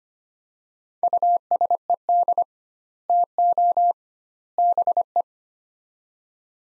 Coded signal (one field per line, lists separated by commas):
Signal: Morse code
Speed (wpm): 25 wpm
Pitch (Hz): 700 Hz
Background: none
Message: USED TO BE